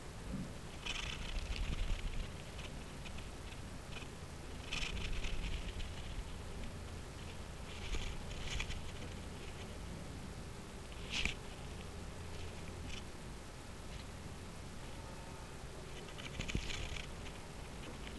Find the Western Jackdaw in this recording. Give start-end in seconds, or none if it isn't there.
none